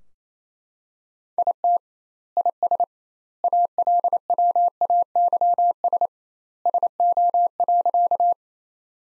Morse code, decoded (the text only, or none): IT IS ALWAYS SO.